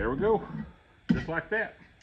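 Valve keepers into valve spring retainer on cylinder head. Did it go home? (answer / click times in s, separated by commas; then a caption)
no / none. Steel valve keepers (locks) are handled at the valve spring retainer on a cylinder head, using a valve spring compressor, while someone talks. The keepers have not yet snapped into the retainer, and nothing has seated or clicked by the end of the clip.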